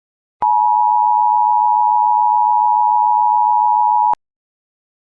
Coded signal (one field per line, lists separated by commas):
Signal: Emergency Alert System (SAME) tones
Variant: 853 and 960 Hz attention tone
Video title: Wasatch - An EAS Scenario [PREVIEW]